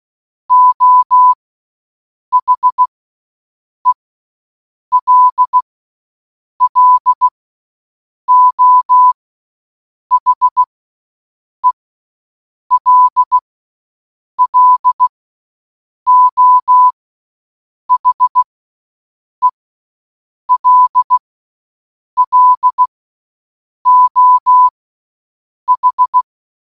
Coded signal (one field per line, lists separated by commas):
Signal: Morse code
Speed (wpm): 16 wpm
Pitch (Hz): 1000 Hz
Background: none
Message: O HELLO HELLO HELLO H